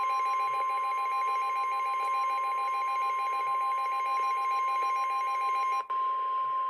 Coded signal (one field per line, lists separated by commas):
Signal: Emergency Alert System (SAME) tones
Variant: 1050 Hz attention tone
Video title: From Squalls to Supercells - EAS Alerts from April 2-3, 2024 || EAS 1,149-1,171